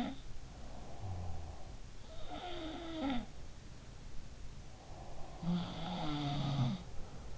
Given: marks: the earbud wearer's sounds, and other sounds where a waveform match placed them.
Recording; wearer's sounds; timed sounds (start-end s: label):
sounds in sleep by an in-ear microphone; snoring breath, breath
0.00-1.02 s: sound from someone else or the room
0.57-2.06 s: snoring breath
2.06-3.59 s: sound from someone else or the room
4.66-5.83 s: breath
5.41-7.38 s: sound from someone else or the room